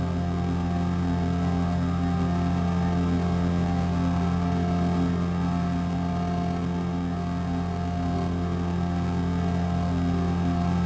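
A steady, unchanging drone built from low humming tones and layered overtones, holding an even level without breaks for the full eleven seconds.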